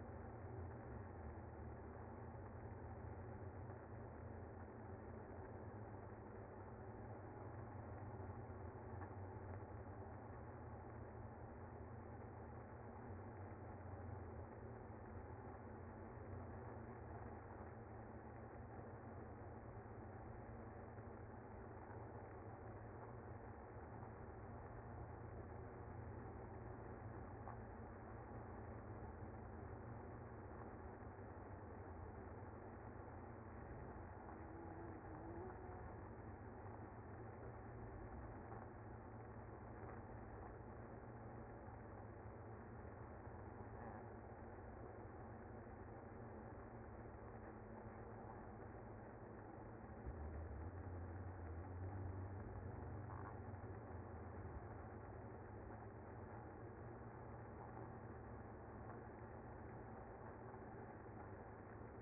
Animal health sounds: honeybee colony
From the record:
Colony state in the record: active

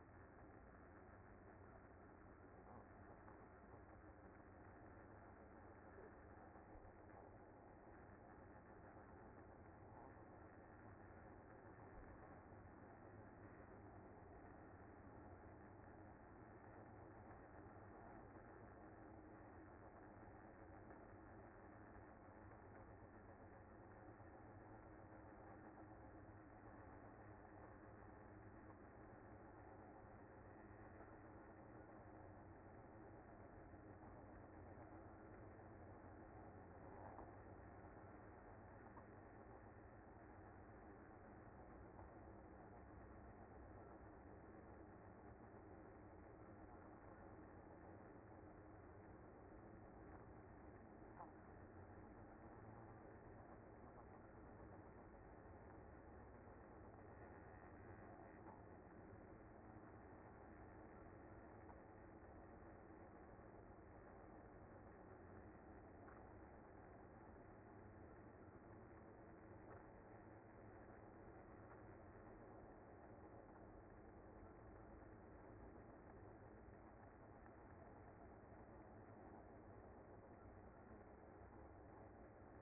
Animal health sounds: honeybee colony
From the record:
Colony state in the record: active

